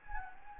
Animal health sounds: mosquito wingbeat signal from an infrared sensor; Anopheles gambiae

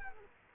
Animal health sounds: mosquito wingbeat signal from an infrared sensor; Culex quinquefasciatus

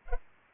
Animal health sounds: mosquito wingbeat signal from an infrared sensor; Culex pipiens

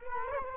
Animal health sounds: mosquito wingbeat signal from an infrared sensor; Culex quinquefasciatus

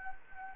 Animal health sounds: mosquito wingbeat signal from an infrared sensor; Anopheles arabiensis

